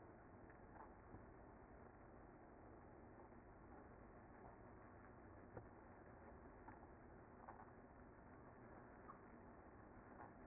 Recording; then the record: honeybee colony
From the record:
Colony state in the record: active